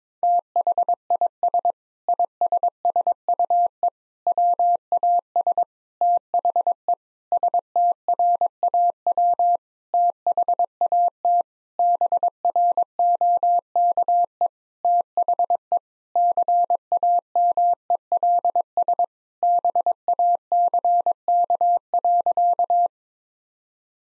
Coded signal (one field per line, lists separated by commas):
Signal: Morse code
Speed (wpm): 22 wpm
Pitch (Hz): 700 Hz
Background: none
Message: THIS ISSUE WAS THE STRAW THAT BROKE THE CAMELS BACK.